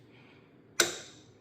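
A click-type torque wrench with a 19 mm socket tightens the rear axle nut on a 2025 Honda Trail 125 motorcycle, set to 59 Nm. After a quiet stretch, one sharp metallic click sounds at 0.8 s and rings briefly, as the wrench reaches its setting and the nut is at torque.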